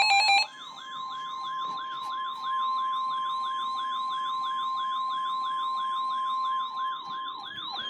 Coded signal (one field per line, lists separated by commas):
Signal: Emergency Alert System (SAME) tones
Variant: 1050 Hz attention tone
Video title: EAS Alerts 8-12 from 1/11/20-1/12/20